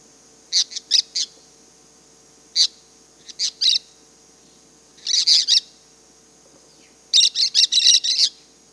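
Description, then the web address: Cobalt-winged parakeet calls: sharp, high shrill notes in quick clusters of one to several, separated by short pauses, with a steady faint hum underneath. Peru, Amazon. "Birds of the Amazon. Cobalt-winged Parakeet (Brotogeris cyanoptera), Peru"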